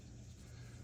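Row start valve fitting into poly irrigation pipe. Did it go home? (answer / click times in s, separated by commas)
no / none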